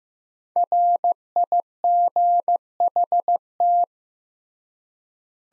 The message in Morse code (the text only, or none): RIGHT